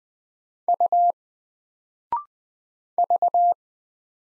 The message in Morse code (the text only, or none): U V